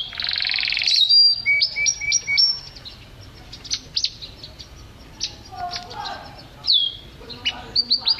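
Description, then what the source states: Canary song opening with a loud buzzy rattle, then short clipped notes and varied sharp whistles and chirps with brief pauses. Champion competition bird that took first place at a contest level, described as a vigorous, continuous singer (gacor).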